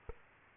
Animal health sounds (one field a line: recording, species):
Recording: mosquito wingbeat signal from an infrared sensor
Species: Aedes aegypti